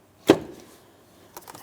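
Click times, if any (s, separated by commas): 0.3 s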